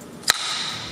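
A combat archery bow limb is given a quick, firm push into the bottom of the riser and seats with a sharp, distinctive click at 0.3 s. A bright ringing tone lingers briefly after it. The limb is fully seated in the riser.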